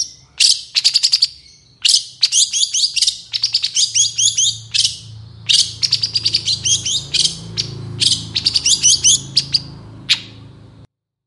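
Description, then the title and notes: Long-tailed shrike song given in dense bursts of high, chattering, twittering notes separated by short gaps, over a steady low background hum. Morning song of a strongly singing cendet, varied 'toet toet' notes, played as a lure to prompt reluctant, stalled or stressed cendet birds to start singing. "Cendet Gacor Dor Di Kala Pagi Toet Toet Variasi Suara. PANCINGAN CENDET MALAS BUNYI CENDET MACET CENDET STRESS. Burung cendet"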